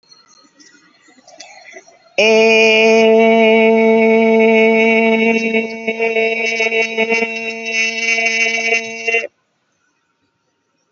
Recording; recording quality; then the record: sustained vowel as in made; excellent, no background noise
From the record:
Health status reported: COVID-19 positive, mild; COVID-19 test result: positive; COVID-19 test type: rapid antigen test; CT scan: not taken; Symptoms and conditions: cough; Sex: female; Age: 31 years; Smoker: no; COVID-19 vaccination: none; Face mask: not worn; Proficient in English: yes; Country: India